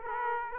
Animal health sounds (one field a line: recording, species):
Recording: mosquito wingbeat signal from an infrared sensor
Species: Aedes aegypti